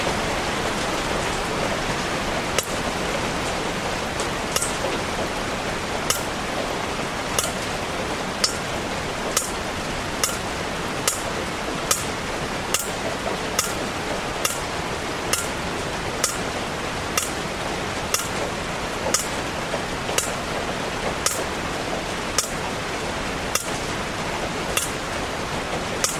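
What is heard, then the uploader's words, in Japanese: Water leaking through a roof, dripping onto a surface in sharp, bright ticks that land at a steady pace of about one per second. Behind the drips, a dense, even hiss of rain runs unbroken from start to finish. 雨漏り。梅雨の6月。とりあえずその辺にあるお皿で水滴受け、お皿がいっぱいになったら他のお皿に変え。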